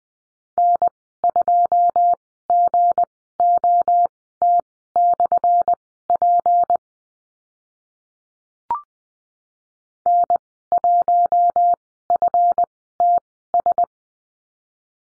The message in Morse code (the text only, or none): N2GOT/P N1FTS